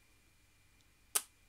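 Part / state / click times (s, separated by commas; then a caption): magnetic closure of a paper album in its pouch / seated / 1.2 s. A round handmade paper album is slid into its card pouch, and the magnets set in the edges pull the closure shut with a single sharp clack at 1.2 s. Before that, only a quiet steady background and a faint tick around 0.8 s are heard. The magnetic closure snaps shut and the album is seated in its pouch.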